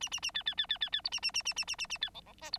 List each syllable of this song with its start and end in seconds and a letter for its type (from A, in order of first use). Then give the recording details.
0.01-0.09 A, 0.11-0.20 A, 0.22-0.31 A, 0.34-0.43 B, 0.46-0.55 B, 0.57-0.66 B, 0.69-0.78 B, 0.81-0.90 B, 0.92-1.01 B, 1.04-1.10 C, 1.12-1.20 A, 1.22-1.31 A, 1.34-1.42 A, 1.45-1.54 A, 1.56-1.65 A, 1.67-1.76 A, 1.78-1.87 A, 1.89-1.98 A, 2.01-2.10 B, 2.14-2.21 D, 2.26-2.33 D, 2.41-2.50 E, 2.52-2.58 C. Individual Bird9